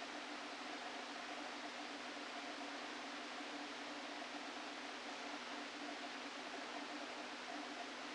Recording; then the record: brain microelectrode recording played as sound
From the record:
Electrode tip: outside the subthalamic nucleus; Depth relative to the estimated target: 2 mm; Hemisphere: left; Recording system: NeuroSet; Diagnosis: Parkinson's disease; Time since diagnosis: 13 years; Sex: male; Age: 49 years